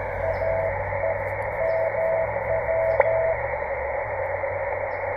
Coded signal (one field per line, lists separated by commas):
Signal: Morse code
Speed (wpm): 18 wpm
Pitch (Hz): 690 Hz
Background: radio noise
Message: AE MW